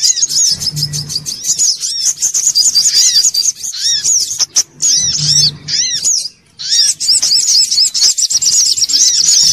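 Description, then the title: Sogok ontong singing a rapid, high-pitched jumble of chirps and slurred notes, broken by short pauses, over occasional low humming. Bird-training (masteran) song. "Masteran Burung Sogok Ontong Labaik"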